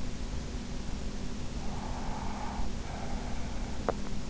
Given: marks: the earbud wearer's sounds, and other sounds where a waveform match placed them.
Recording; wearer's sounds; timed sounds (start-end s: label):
sounds in sleep by an in-ear microphone; breath, teeth grinding
1.50-3.59 s: breath
3.59-4.20 s: teeth grinding